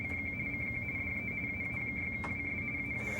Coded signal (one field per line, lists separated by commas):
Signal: RTTY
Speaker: distinctive sound well that's another way of sending information that is radio teletime and it's often referred to as rtty